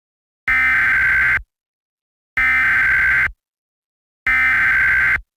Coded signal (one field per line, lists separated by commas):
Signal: Emergency Alert System (SAME) tones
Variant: header bursts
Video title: EAS - The River's Revenge